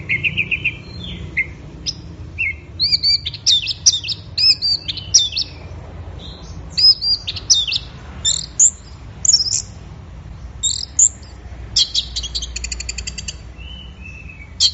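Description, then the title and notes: Orange-headed thrush singing continuously: varied high whistles, twittering runs and a fast rattling trill near the end. Bird in full, vigorous song (gacor, teler), offered as a track for training songbirds; offline collection. "Anis Merah Gacor Teler Untuk. Kumpulan Suara Burung Anis Offline"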